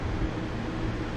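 A new carbon brush with its metal tab is being handled and forced into the brush holder of a Minn Kota trolling-motor end cap. Only a steady broadband hum with low rumble is heard, with no sharp transients. Nothing has seated or clicked yet.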